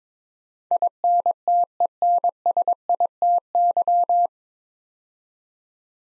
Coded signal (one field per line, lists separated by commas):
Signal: Morse code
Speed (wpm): 21 wpm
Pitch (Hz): 700 Hz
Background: none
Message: INTENSITY